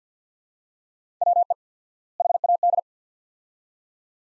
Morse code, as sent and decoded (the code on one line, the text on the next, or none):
.-- . / .... .- -..
WE HAD